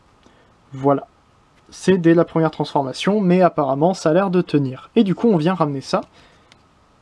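During the first transformation of a Deluxe Shockwave action figure from Transformers Cyberverse, plastic parts are being brought back into place, with a spot showing stress marks from forcing the piece but still holding. Someone talks throughout the handling. Nothing has seated or clicked yet.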